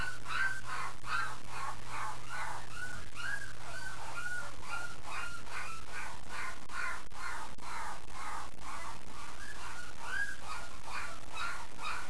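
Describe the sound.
Dog puppies crying with many overlapping high yelps and whines in rapid succession, over loud, distorted noise.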